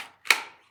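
A pistol is pushed into a rigid carbon fiber appendix-carry holster. A soft rustle comes first, then a sharp retention click rings out at 0.3 s and fades quickly. The pistol is seated in the holster.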